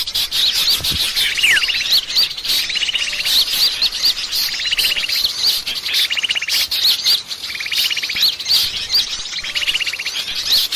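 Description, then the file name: Mixed birds calling: a lower buzzing rattle repeats steadily, while many high, thin chirps and twitters run continuously over it. Lure call used to attract birds, described as a thousand birds. "pikat 1000 burung"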